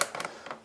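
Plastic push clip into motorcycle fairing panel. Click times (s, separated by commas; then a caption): 0.0 s. A plastic push-type trim clip is pressed into its hole while the fairing panels are being refitted on a 2020 GSX-S 750 motorcycle. A sharp click at 0.0 s is followed by quieter clicks around 0.2 s and 0.5 s. The clip snaps in and is seated.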